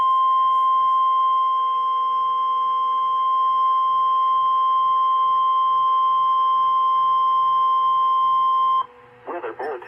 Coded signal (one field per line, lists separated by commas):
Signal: Emergency Alert System (SAME) tones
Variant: 1050 Hz attention tone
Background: speech